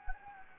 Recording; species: mosquito wingbeat signal from an infrared sensor; Anopheles gambiae